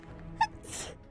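A single quick sneeze: a brief high-pitched voiced catch, then a soft hissing burst of air.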